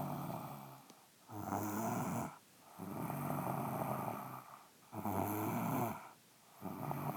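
Loud, rough rattling snores come in bursts of about one to two seconds with brief quieter breaths between them, at an uneven rhythm. This is ordinary snoring from an adult woman.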